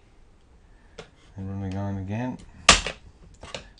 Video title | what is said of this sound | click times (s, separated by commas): Replacing a hard drive in a netbook - Part 1 (laptop-notebook-netbook) | hear another click | 2.7 s